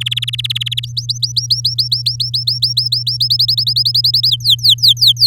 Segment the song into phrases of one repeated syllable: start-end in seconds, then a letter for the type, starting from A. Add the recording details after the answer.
0.00-0.85 A, 0.86-3.17 B, 3.20-4.29 C, 4.29-5.27 D. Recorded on 9 May 2018 at 06:06. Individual llb16